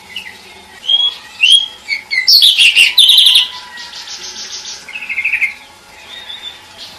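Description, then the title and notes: Songbird singing a varied, high song of whistled phrases, trills and buzzy bursts, loudest in the middle with quieter warbling before and after. Masteran: training songs for cage birds. "Kumpulan Masteran Burung"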